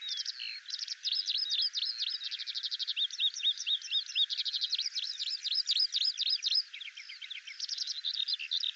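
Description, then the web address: Eurasian skylark song, an unbroken stream of quick buzzy trills and sharp upslurred chirps, tumbling on without pause. "Deverinetal 2025 Bird Al Ar"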